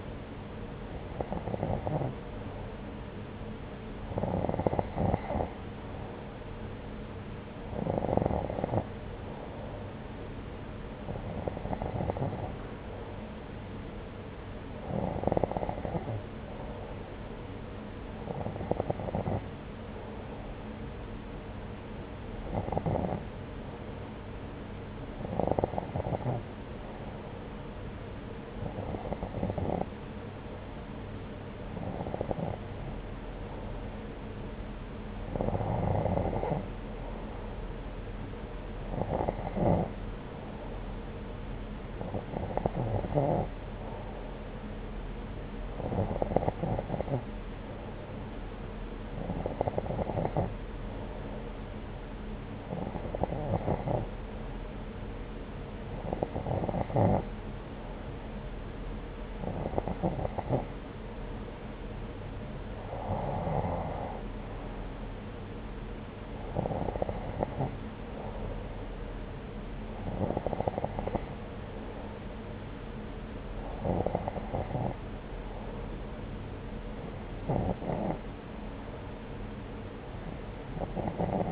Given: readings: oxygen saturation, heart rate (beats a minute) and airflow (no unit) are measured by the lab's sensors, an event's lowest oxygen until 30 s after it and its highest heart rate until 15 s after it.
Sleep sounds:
breathing in sleep by a voice recorder at the bedside; 1
42.00-64.20 s: hypopnea (N2, oxygen 93% highest, then 91% lowest)
78.00-81.52 s: new sleep stage, N1 (lightest sleep)
From the record:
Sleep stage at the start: N2 (light sleep); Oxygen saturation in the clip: 91 to 93%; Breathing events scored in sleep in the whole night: 303 in 8.1 hours asleep

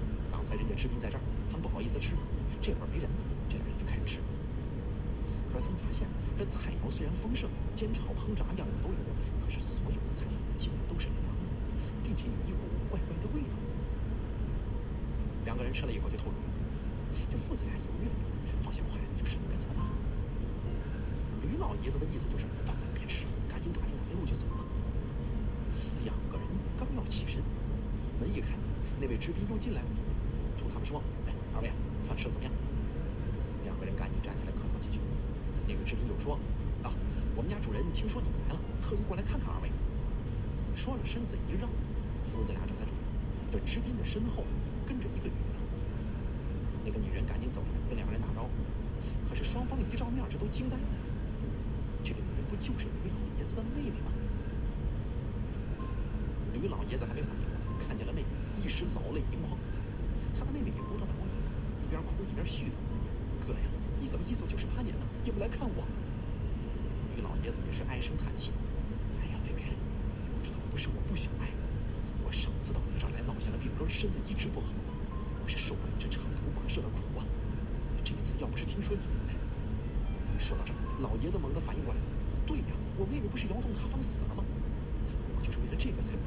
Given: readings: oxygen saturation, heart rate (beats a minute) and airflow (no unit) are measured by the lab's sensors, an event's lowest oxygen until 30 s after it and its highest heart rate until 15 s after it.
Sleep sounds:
breathing in sleep by a smartphone at the bedside; none
none scored
From the record:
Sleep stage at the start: N1 (lightest sleep); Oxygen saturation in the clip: 94 to 95%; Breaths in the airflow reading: 30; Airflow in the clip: -1.4 to 2.0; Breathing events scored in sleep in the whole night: 335 in 6.7 hours asleep

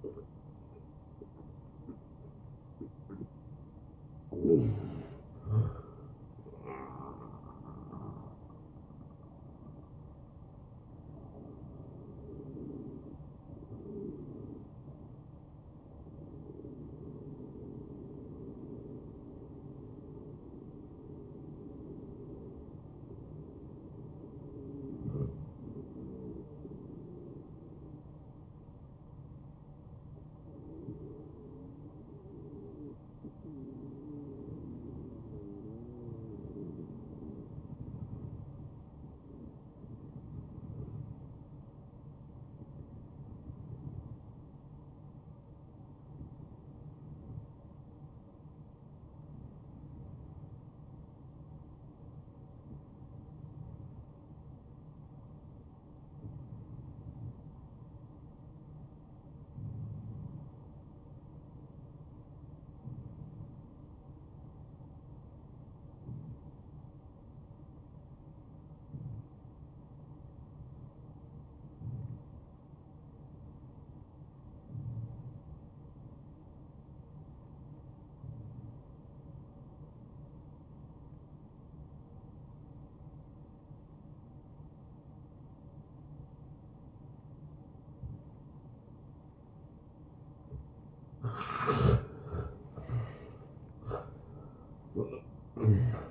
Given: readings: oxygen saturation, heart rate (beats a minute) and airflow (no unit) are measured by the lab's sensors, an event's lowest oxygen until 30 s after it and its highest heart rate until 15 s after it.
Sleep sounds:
breathing in sleep by a smartphone at the bedside; 1
13.00-89.10 s: obstructive apnea (N2, oxygen 98% highest, then 85% lowest, heart rate 68 at the start, 80 highest)
From the record:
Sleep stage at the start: N2 (light sleep); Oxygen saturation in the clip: 85 to 98%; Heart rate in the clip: 57 to 83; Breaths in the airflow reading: 4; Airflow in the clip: -16.9 to 8.6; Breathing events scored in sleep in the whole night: 263 in 5.5 hours asleep

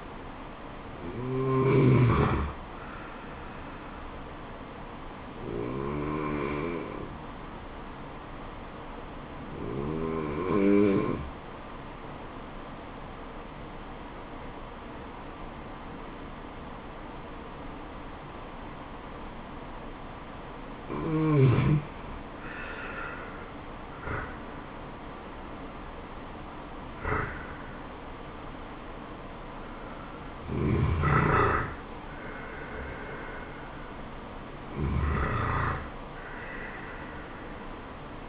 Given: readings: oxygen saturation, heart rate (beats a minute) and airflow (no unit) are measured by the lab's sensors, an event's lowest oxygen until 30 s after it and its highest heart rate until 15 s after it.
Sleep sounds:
breathing in sleep by a voice recorder at the bedside; 1
5.00-24.70 s: hypopnea (N2, oxygen 95% highest, then 91% lowest, heart rate 73 at the start, 81 highest)
37.00-38.29 s: new sleep stage, N1 (lightest sleep)
From the record:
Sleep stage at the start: N2 (light sleep); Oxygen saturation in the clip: 90 to 95%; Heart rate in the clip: 71 to 81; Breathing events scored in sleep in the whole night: 426 in 7.4 hours asleep

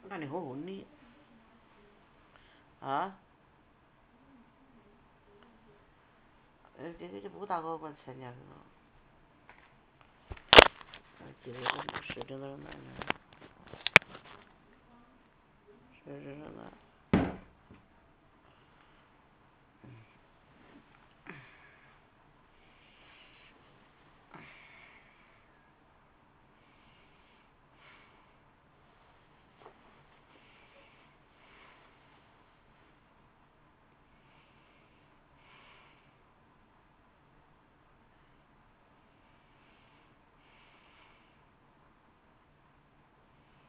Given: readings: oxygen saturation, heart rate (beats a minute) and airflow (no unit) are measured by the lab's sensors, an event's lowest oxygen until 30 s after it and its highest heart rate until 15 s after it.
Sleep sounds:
a person awake in a sleep study, by a voice recorder at the bedside; none
0.00-43.69 s: awake
From the record:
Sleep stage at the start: awake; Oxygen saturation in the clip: 92 to 94%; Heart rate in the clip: 63 to 71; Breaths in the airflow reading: 10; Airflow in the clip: -13.4 to 14.5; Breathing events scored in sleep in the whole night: 328 in 6.3 hours asleep

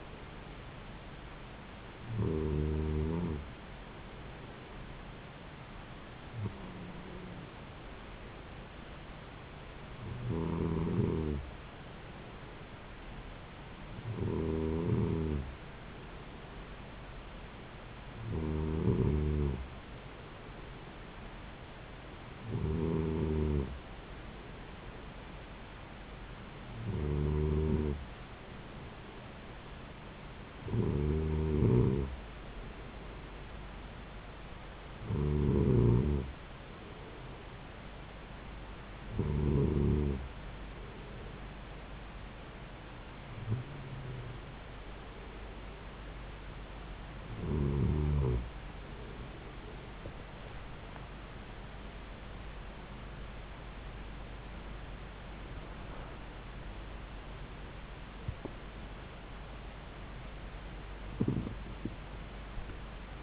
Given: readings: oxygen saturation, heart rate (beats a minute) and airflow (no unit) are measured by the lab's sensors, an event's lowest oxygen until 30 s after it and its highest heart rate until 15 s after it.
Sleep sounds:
breathing in sleep by a voice recorder at the bedside; 1
33.00-57.00 s: hypopnea (N2, oxygen 94% highest, then 94% lowest)
From the record:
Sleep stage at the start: N2 (light sleep); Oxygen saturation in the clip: 93 to 95%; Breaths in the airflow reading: 15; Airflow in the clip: -4.8 to 6.9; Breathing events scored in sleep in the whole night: 270 in 6.1 hours asleep

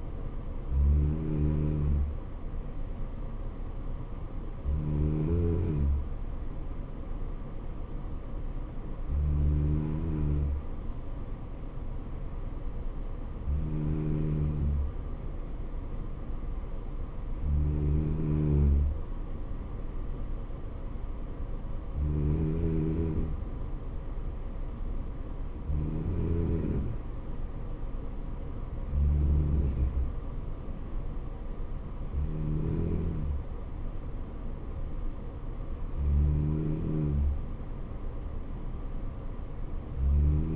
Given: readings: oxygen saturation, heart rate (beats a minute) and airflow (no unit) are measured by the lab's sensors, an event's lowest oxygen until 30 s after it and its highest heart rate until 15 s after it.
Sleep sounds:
breathing in sleep by a smartphone at the bedside; none
none scored
From the record:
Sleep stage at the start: N3 (deep sleep); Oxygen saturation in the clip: 94 to 95%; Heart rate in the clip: 63 to 69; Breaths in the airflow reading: 11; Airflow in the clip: -3.7 to 2.8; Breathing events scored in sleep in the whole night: 79 in 6.3 hours asleep

